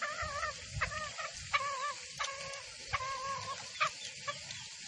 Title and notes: Pancingan Suara Ayam Hutan Betina. Suara ayam hutan jantan buat masteran pikat di hutan. Pemikat Ayam Hutan